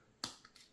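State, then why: Seated. A new plastic cutting blade for an Einhell GC-CT 18/24 Li Solo trimmer is pulled hard into its blade holder. It clicks sharply into place at 0.2 s, and two fainter ticks follow around 0.5 s and 0.6 s. The blade is seated in the holder.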